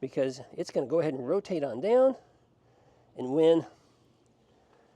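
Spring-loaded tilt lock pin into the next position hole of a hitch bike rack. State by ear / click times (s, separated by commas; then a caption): not seated / none. A man talks while the latch of a Cravot Cyberrack E2 Plus aluminum and steel hitch bike rack is let go, so the rack can rotate down under its own weight toward the next tilt position. Speech fills most of the clip, with quiet pauses and a faint tick near 4.3 s. The spring-loaded tilt lock pin has not yet locked into the next position hole; nothing has seated or clicked yet.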